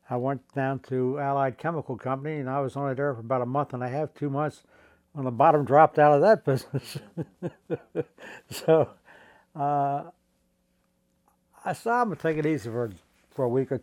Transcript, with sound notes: I went down to Allied Chemical Company and I was only there for about a month and a half, two months when the bottom dropped out of that business. [chuckles] So I said, "I'm going to take it easy for — for a week or two."